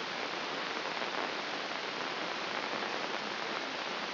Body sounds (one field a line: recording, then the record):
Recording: brain microelectrode recording played as sound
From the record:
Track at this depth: inside the subthalamic nucleus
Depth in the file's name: 2.234 mm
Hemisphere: left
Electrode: 2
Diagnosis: Parkinson's disease